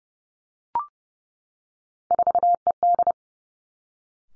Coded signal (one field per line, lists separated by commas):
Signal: Morse code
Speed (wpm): 30 wpm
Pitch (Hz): 700 Hz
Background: none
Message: 4ED